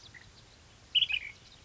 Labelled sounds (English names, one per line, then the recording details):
Ash-throated Flycatcher
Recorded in Sonoma County, California